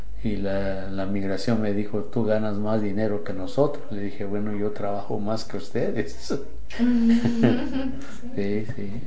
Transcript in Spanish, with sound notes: Y La Migración me dijo: “Tú ganas más dinero que nosotros”. Le dije: “Bueno, yo trabajo más que ustedes”. (risas) Sí, sí.